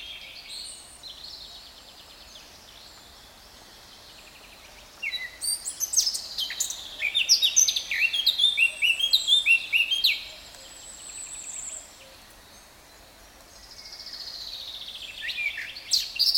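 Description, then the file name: Eurasian blackcap song: after a quiet start a burst of rich, rapid warbling notes, then a lull and a softer, thinner phrase near the end. "Sylvia atricapilla"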